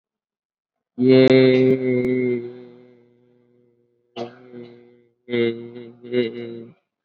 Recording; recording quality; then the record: sustained vowel as in made; moderate, slight background noise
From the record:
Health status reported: COVID-19 positive, mild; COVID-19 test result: positive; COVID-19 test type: RT-PCR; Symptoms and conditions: diabetes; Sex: male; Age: 29 years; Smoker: no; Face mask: not worn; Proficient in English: yes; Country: India